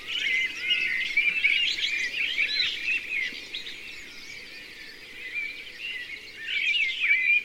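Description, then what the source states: Several birds sing at once in busy, high, chattering and warbling phrases that keep going without pause, over a soft, steady background hiss. Birds singing in mixed forest.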